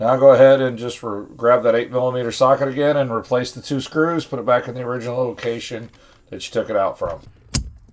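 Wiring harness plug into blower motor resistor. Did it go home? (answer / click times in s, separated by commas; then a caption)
yes / 7.6 s. Someone talks while a wiring harness plug, greased with dielectric grease, is pushed onto a reinstalled blower motor resistor on a Ford Expedition. A sharp snap at 7.5 s marks the plug seating into place.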